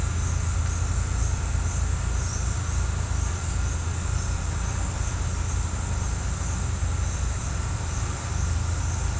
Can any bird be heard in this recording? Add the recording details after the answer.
no. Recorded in pastures near Puerto Asís, Putumayo, Colombia, on 21 December 2024 at 09:30. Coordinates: 0.466, -76.322. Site G040